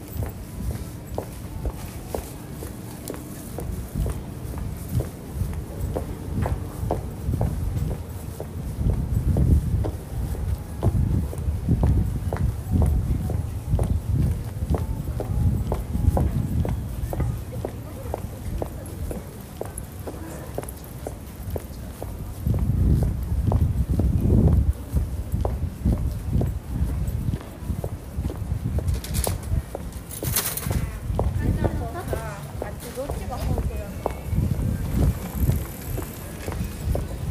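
Walking home through a shopping street, with the steady murmur of passing voices and regular footsteps throughout. Low rumbles swell around ten to fifteen seconds and again near twenty-four, like passing traffic, and a brief bright hiss comes at about thirty seconds.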